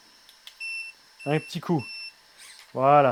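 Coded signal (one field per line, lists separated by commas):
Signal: none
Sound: RC car's setup beeps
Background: speech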